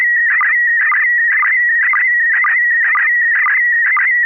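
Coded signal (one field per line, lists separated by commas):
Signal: SSTV (slow-scan television)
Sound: steady high tone near 2 kHz with regular low blips twice a second, plus hissy bursts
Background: radio static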